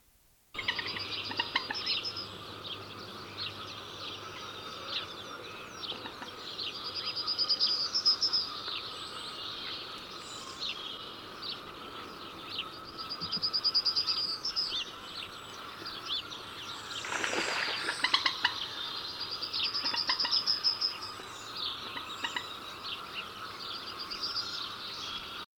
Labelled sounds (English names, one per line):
Common Moorhen call